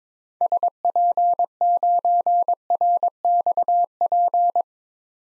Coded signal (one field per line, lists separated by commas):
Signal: Morse code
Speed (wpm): 22 wpm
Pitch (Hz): 700 Hz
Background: none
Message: SP9RXP